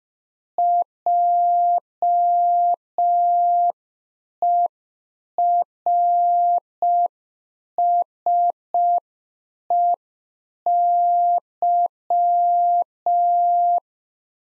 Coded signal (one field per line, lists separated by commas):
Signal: Morse code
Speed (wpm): 5 wpm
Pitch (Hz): 700 Hz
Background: none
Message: JERSEY